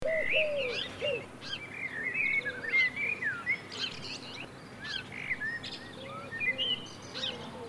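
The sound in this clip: Bird calls: varied whistled and chirped notes at mid to high pitch, with lower slurred notes, over steady background noise.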